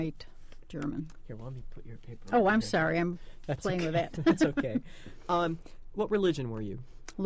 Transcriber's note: Off Mike Conversation